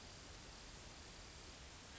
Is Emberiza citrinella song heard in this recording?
no